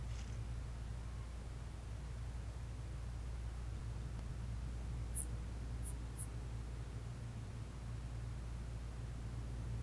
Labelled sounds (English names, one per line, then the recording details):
Morepork more-pork call
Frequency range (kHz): Morepork 0.8-1.6 kHz
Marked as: faintness 5/5
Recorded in New Zealand on 1 June 2017
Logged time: 19:46
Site Taranaki